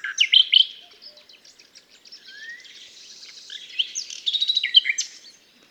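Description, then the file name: Common nightingale song opening with loud rapid notes, then a soft rising whistle and a swelling sequence of quick repeated chirps before falling silent. "Luscinia megarhynchos"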